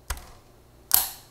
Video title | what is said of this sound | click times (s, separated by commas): AMD Ryzen Threadripper Install Tips and Tricks - Socket TR4 | the click on our torque wrench our | 0.9 s